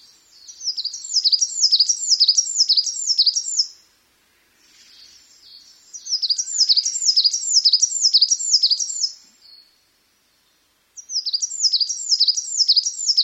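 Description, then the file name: Coal tit singing high, rhythmic two-note phrases, several quick repeats per burst, three bursts broken by brief silences. "higara"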